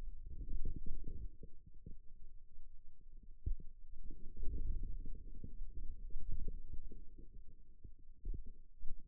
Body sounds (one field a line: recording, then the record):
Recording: forearm muscle sounds (acoustic myography)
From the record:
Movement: wrist extension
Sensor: system 2, bracelet of six BSWA MPA416 microphones around the upper forearm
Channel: 5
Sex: male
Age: 22 years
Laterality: right